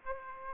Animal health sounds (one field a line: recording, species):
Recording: mosquito wingbeat signal from an infrared sensor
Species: Aedes aegypti